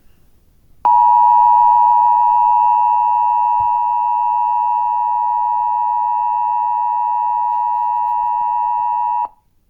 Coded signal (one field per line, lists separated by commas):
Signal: Emergency Alert System (SAME) tones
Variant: 853 and 960 Hz attention tone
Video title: Red M&M Turns Into Human Gets Interrupted By EAS